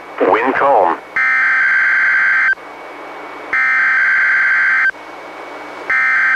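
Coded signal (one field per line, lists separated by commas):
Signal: Emergency Alert System (SAME) tones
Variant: header bursts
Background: speech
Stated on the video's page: NOAA weather radio required weekly test relayed by station KEC91 in Astoria, recorded directly from a Reecom R-1630 weather radio through a Zoom H1 audio recorder.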